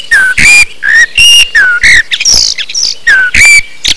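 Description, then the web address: Bird calls: loud whistled notes, some sliding down and some up, in quick pairs, with a burst of short harsh notes in the middle. "动物鸟叫声"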